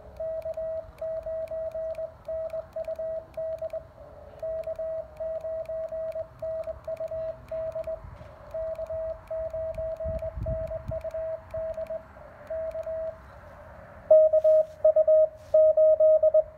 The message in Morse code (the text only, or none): K9NUD K9NUD K9NUD K KU8